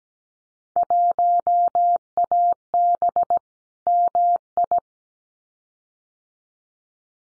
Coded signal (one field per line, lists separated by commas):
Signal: Morse code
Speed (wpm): 17 wpm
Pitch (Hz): 700 Hz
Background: none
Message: 1AB MI